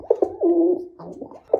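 Pigeon territorial coo: low, throaty cooing with short clipped notes at the start and end and a longer drawn-out moaning coo in between.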